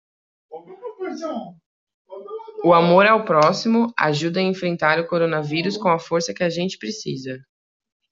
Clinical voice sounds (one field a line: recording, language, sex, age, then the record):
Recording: spoken sentence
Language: Brazilian Portuguese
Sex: female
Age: 20 to 29 years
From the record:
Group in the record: control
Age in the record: 26 years